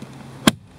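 On a 2001 to 2005 Toyota RAV4, the metal retaining clip of the window and lock switch panel is pushed into the door panel with a screwdriver until it snaps. A single sharp, bright click sounds at 0.48 s over a quiet background, then fades quickly. The clip is seated.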